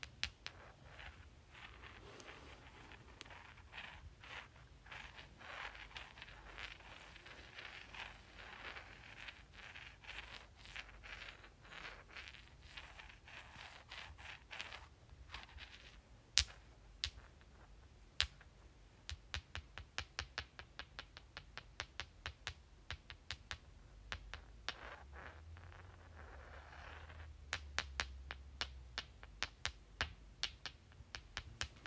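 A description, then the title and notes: Rocks are clicked and rubbed together. A soft, gritty scraping fills the first half. Sharp clicks come through throughout and grow more frequent and distinct after about 16 seconds. A low rumble enters briefly near 25 seconds. Clicking and Rubbing Rocks.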